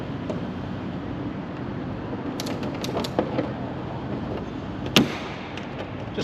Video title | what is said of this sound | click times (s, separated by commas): G-GHST Cowling Remove and Replace | Just a little bit of a gentle press and she clicks into place. | 5.0 s